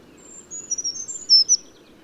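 Bird song: a quick series of high, thin whistles ending in two louder notes, over low background noise.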